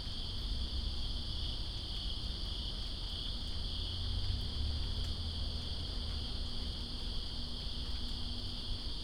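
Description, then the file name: Crickets sustain a shrill, level trill as steady rain patters underneath. Crickets in rain, Greensboro, 2 September 2017. "Greensboro Crickets And Rain-2017-09-02"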